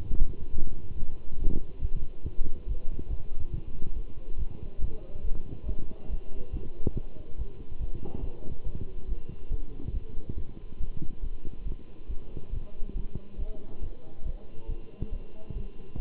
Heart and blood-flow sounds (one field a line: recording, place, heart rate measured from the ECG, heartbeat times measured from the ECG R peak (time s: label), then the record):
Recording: heart sounds by stethoscope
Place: between the tricuspid and mitral areas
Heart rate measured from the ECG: 140 bpm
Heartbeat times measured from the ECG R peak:
0.09 s: heartbeat
0.52 s: heartbeat
0.95 s: heartbeat
1.38 s: heartbeat
1.81 s: heartbeat
2.24 s: heartbeat
2.67 s: heartbeat
3.09 s: heartbeat
3.52 s: heartbeat
3.95 s: heartbeat
4.38 s: heartbeat
4.80 s: heartbeat
5.23 s: heartbeat
5.66 s: heartbeat
6.09 s: heartbeat
6.52 s: heartbeat
6.95 s: heartbeat
7.37 s: heartbeat
7.79 s: heartbeat
8.22 s: heartbeat
8.65 s: heartbeat
9.08 s: heartbeat
9.50 s: heartbeat
9.93 s: heartbeat
10.36 s: heartbeat
10.79 s: heartbeat
11.22 s: heartbeat
11.65 s: heartbeat
12.08 s: heartbeat
12.52 s: heartbeat
12.95 s: heartbeat
13.38 s: heartbeat
13.81 s: heartbeat
14.25 s: heartbeat
14.68 s: heartbeat
15.11 s: heartbeat
15.55 s: heartbeat
15.98 s: heartbeat
From the record:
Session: Bruce protocol treadmill stress test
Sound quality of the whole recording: good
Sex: male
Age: 23 years